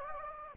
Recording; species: mosquito wingbeat signal from an infrared sensor; Anopheles gambiae